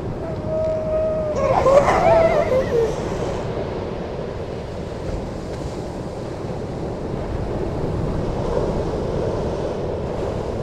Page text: Grey Seals and waves recorded on the 1st December 2013 at 8am, Horsey Gap, Norfolk, England.